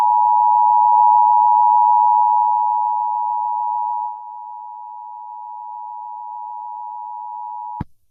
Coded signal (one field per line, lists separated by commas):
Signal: Emergency Alert System (SAME) tones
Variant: 853 and 960 Hz attention tone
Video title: EAS Scenario || THE FOG IS COMING